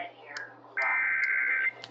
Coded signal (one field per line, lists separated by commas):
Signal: Emergency Alert System (SAME) tones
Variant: header bursts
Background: speech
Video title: Stanly County, NC AMBER Alert | EAS #339 (5/11/2023)